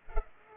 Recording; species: mosquito wingbeat signal from an infrared sensor; Culex pipiens